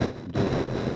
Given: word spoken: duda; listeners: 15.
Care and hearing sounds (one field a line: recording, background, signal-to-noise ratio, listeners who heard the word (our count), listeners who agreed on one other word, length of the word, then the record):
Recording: one Spanish word in noise, from a listening test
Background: noise modulated by three-talker babble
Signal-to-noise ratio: -6.0 dB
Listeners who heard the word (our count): 1 of 15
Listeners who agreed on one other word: 7 of 15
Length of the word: 0.56 s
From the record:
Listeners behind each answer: 7, 3, 1, 1, 1, 1, 1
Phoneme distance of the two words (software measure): 20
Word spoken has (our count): 2 syllables, 4 phonemes, stress on syllable 1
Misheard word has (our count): 2 syllables, 4 phonemes, stress on syllable 1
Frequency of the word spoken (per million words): 162.69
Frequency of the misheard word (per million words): 53.28